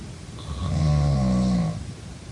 Snoring.